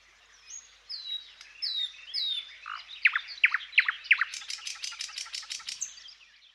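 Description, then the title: Thrush nightingale singing thin high whistles, then loud, sharply falling notes, finishing with a fast, high, buzzy rattle of repeated strokes. "Viikon luontoääni: Satakieli"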